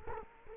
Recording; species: mosquito wingbeat signal from an infrared sensor; Culex quinquefasciatus